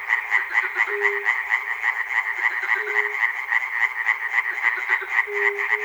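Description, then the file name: Frog chorus with rapid, rhythmic croaking that never pauses, and a few short low steady tones rising out of the background. Frogs recorded at Chernobyl. "peter cusack-chernobyl frogs"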